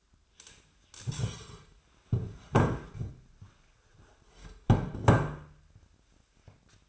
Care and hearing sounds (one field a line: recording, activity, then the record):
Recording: daily activity, microphone in the room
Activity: stand up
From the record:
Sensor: 2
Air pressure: 1007.7 hPa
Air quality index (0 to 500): 179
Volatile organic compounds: 10 ppm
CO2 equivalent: 2198 ppm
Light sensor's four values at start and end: 10/23/10/10 and 10/23/10/10